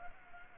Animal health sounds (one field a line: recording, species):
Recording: mosquito wingbeat signal from an infrared sensor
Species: Culex pipiens